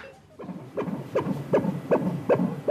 The sound of the heartbeat of a baby yet to be born comes from a sonography machine a 32-year-old woman, is undergoing a scan.